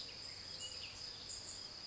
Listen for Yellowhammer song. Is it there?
no